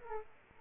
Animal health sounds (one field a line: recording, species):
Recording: mosquito wingbeat signal from an infrared sensor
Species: Aedes aegypti